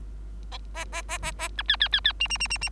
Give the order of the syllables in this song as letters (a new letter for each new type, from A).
A A A A A B C C C C D D D D D